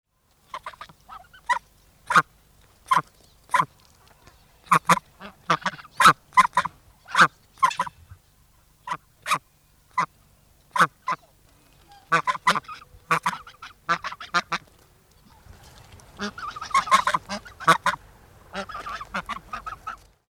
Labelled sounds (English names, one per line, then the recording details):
Bar-headed Goose
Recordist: Tembrock, Günter
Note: Rufe eines Paares